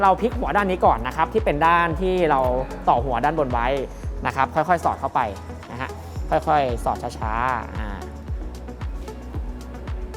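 On a 2023 Isuzu MU-X, the end of the spare tire crank rod is flipped to its attached end and slowly slid into the round access hole toward the spare tire winch socket while someone talks over background music. Faint knocks and scrapes are heard near the end, around 8.0 to 10.1 seconds. Nothing has locked or clicked yet, because the rod still has to be turned until it engages the internal lock.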